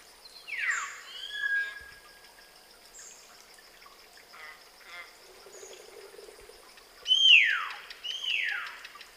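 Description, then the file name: Common hill myna giving loud, sharply descending whistles, one early and two near the end, with softer chattering and a steady high insect-like drone throughout. "Gracula religiosa"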